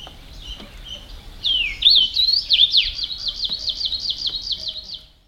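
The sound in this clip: Kamchatka leaf warbler singing a high, rapid series of repeated notes, starting with a few slurred phrases then running on evenly.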